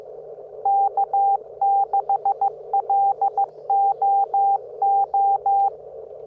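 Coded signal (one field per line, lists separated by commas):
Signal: Morse code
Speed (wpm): 15 wpm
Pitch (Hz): 790 Hz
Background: none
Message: K6LOO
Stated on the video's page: Simulated CW exchanges with Morse Walker practice software, focused on the Parks on the Air exchange format.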